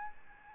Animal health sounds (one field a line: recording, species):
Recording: mosquito wingbeat signal from an infrared sensor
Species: Aedes albopictus